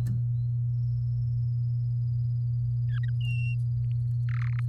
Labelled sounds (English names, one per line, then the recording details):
Domestic Canary song
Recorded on 8 May 2018 at 19:44
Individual llb16